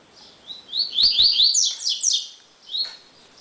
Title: Canto Coleiro